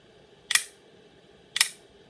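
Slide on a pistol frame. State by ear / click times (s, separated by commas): seated / 1.6 s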